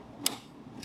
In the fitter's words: it slides in here and you'll hear a click i'll be quiet so you can hear it